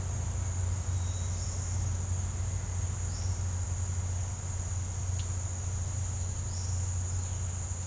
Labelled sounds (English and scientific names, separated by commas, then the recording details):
none
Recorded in pastures near Puerto Asís, Putumayo, Colombia, on 15 December 2024 at 07:30
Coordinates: 0.502, -76.324
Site G077